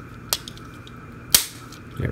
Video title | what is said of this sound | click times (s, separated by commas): Make Toys Cross Dimension: MTCD-01 STRIKER MANUS | wait until you hear that click to lock the leg in place there | 0.3 s, 1.3 s